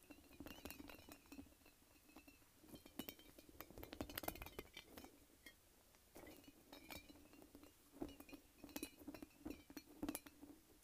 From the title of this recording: Squishing and Shaking a Light-Up Ball